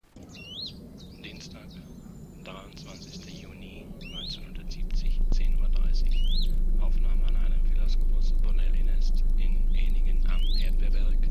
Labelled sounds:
Western Bonelli's Warbler (Phylloscopus bonelli)
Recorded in the wild
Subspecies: bonelli
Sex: diverse
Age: diverse
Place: am Erdbeerberg bei Eningen unter Achalm, Schwäbische Alb, Baden-Württemberg, DE
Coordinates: 48.4833, 9.26667
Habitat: forested mountain side
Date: 1970-06-23 10:30
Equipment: Nagra III PH, MD211, DP26
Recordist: Schneider, Hans-Joachim
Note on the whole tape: Phylloscopus bonelli bonelli. Warnrufe eines Weibchens in Nestnähe; Laute vom Männchen bei Annäherung ans Nest (mit Futter); Abwehr- oder Angstlaute der Jungen im Nest bei Belästigung durch den Beobachter. (Teilweise technische Störungen.) Sonagramm

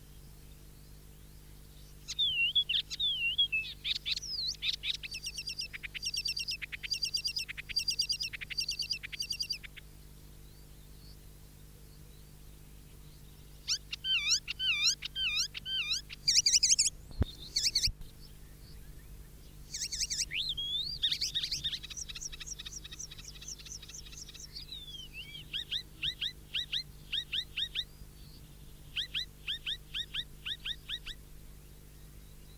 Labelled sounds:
Icterine Warbler (Hippolais icterina) song
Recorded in the wild
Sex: male
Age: adult
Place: Erlangen, Bayern, DE
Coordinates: 49.6031, 10.9581
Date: 1964-05-09
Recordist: Tretzel, Erwin
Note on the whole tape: Neuweiher (Hütte): Männchen: Gesang

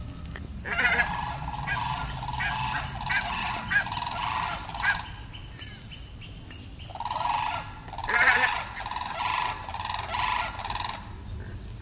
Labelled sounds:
Pink-footed Goose (Anser brachyrhynchus) call
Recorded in captivity
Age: adult
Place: Tierpark Berlin, Berlin, DE
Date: 1968-08-10 12:00
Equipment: Uher 4200 Report Monitor, Sennheiser MD 421
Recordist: Tembrock, Günter

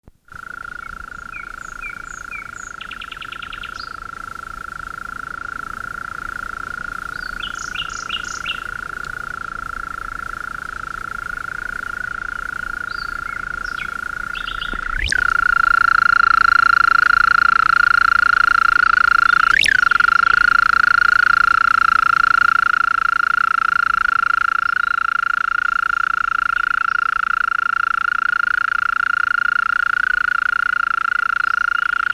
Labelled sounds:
European Mole Cricket (Gryllotalpa gryllotalpa) stridulation
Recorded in the wild
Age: imago
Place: Liepe, Brandenburg, DE
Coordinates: 52.8667, 13.9667
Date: 1969-05-31 22:03
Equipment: Uher 4200 Report Stereo, Sennheiser MD 421, Verstärker 1, Doppelspuraufnahme (bis auf Spur2)
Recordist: Tembrock, Günter

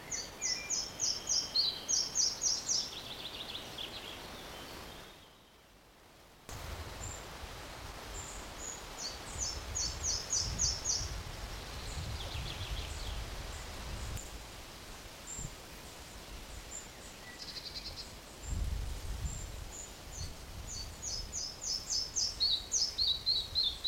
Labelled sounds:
Red-breasted Flycatcher (Ficedula parva)
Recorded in the wild
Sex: male
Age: adult
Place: Mühlenbeck, Brandenburg, DE
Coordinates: 52.667, 13.37
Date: 1992-06-08 12:50
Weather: sonnig (heiter) 21-22°C, böiger Wind
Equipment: Nagra SN, Mikrofon AKG CK 8, Kopie Tesla B 116
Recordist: Tembrock, Günter

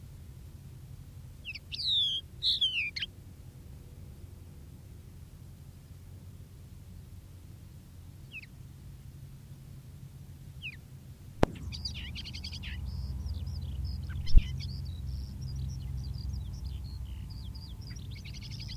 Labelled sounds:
Crested Lark (Galerida cristata) song
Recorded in the wild
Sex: male
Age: adult
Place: Erlangen, OT Schallershof, Bayern, DE
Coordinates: 49.5792, 10.9736
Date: 1962-05-11
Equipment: Stellavox SM 5, Vorverstärker, Original, Vollspur
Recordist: Tretzel, Erwin

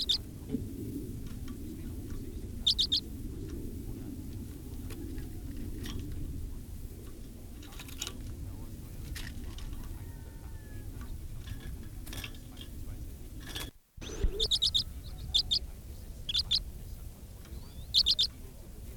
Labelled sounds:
Common Redpoll (Carduelis flammea) call
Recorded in captivity
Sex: male
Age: adult
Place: Putbus, Insel Rügen, Mecklenburg-Vorpommern, DE
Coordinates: 54.318, 13.413
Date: 1976-01-25
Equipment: Nagra III BH, Sennheiser MD 21
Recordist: Schubert, Michael

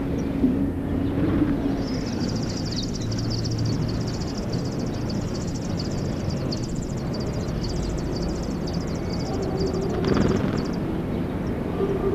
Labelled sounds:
Dunnock (Prunella modularis) call
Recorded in the wild
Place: Zoo Hannover, Niedersachsen, DE
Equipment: Halbspur, 9,5 cm/s
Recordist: Lütgens, Hans
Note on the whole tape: Bei Fütterung, drei Tage vor flügge werden

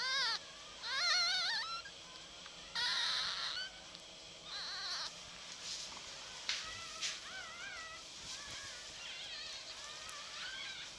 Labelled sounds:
Red Fox (Vulpes vulpes)
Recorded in captivity
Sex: female
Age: juvenile
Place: Zoologisches Institut der HUB, Berlin, DE
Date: 1956-04-01 13:00
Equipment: Elmetra
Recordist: Tembrock, Günter

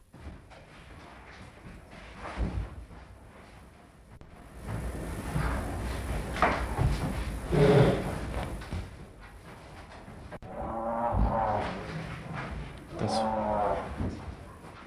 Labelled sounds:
Tiger (Panthera tigris)
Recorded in captivity
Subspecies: tigirs
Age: adult
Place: Tierpark Berlin, Berlin, DE
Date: 1963-02-09 14:00
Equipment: Minifon, Kopie Smaragd
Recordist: Tembrock, Günter

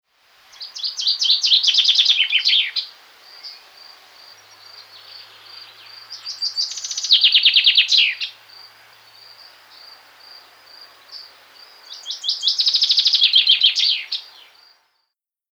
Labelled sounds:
Common Chaffinch (Fringilla coelebs)
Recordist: Tembrock, Günter
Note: Gesang

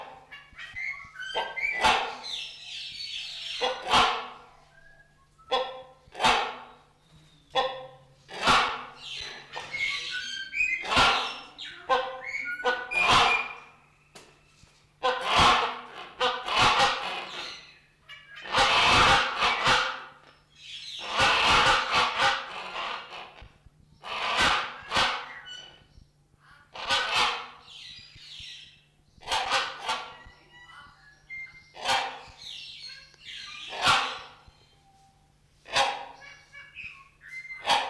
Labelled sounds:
Common Hill Myna (Gracula religiosa)
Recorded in captivity
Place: Zoo Berlin, Berlin, DE
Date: 1994-02-12 10:55
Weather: bedeckt, leichter Schneefall, um 0°C
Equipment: Marantz CP 430, Sennheiser MKH 416 T, Kopie Uher Variocord 263
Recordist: Tembrock, Günter

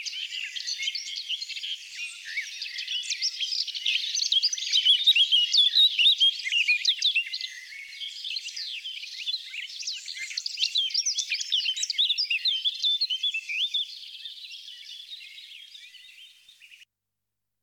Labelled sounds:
Eurasian Blackcap (Sylvia atricapilla) song
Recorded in the wild
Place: Merdingen bis Ihringen / Kaiserstuhl, Baden-Württemberg, DE
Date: 1979-06-04
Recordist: Schwarz, Dieter
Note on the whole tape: Song

